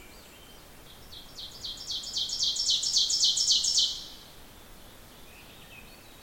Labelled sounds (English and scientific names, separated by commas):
Ovenbird (Seiurus aurocapilla) song